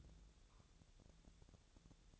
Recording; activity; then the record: daily activity, microphone in the room; take from stove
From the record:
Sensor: 3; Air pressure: 999.2 hPa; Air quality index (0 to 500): 200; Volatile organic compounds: 48 ppm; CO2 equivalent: 3264 ppm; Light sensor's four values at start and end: 7/17/7/6 and 7/17/7/6